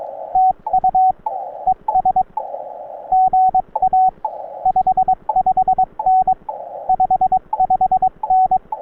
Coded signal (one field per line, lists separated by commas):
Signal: Morse code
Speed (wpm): 22 wpm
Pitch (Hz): 750 Hz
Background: radio noise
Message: TU ES GA 55N 55N